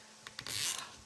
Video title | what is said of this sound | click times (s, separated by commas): The Favorite Glider Lion King Wood Waterfall Deluxe Sugar Glider Toy Build | the click oh my gosh y'all it did it | 0.3 s, 0.4 s, 0.5 s, 0.8 s